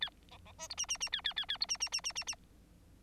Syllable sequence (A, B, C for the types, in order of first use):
A B B C D E E E A A A A D E E E E E E